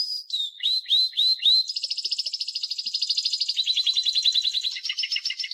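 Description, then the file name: Canary song opening with a few upslurred whistled notes, then fast, even trills and rattles that change speed and pitch several times. "Canary Voice"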